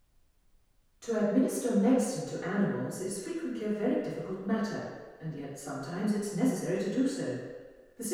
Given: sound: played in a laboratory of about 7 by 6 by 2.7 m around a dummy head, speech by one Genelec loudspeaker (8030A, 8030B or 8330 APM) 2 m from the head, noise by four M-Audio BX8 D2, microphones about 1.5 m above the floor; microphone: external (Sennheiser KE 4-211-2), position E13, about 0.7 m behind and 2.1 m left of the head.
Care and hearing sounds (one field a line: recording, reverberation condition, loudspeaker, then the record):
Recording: female speech in English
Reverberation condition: high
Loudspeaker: 60 degrees to the right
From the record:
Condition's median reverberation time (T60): about 1300 ms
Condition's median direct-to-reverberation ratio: about -4.0 dB